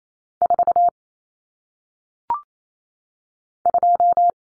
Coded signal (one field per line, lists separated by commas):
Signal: Morse code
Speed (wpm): 28 wpm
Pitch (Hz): 700 Hz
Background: none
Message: 4 2